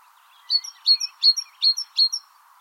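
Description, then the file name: Great tit song, a short run of five clear two-note phrases in quick, even succession over steady background noise. "Parus major"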